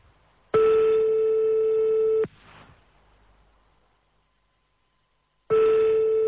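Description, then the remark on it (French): A telephone ringing tone on the line: a steady, mid-pitched buzzy tone holds for nearly two seconds, falls silent for about three seconds, then sounds again. “Tendu, on t'appelle.”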